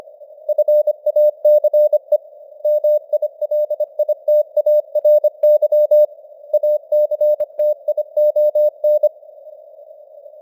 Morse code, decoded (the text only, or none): FACE MILITARY ACTION